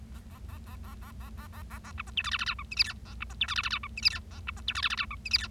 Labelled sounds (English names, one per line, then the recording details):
Bengalese Finch song
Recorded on 25 March 2012 at 16:28
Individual gy6or6